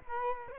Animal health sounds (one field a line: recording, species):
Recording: mosquito wingbeat signal from an infrared sensor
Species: Culex quinquefasciatus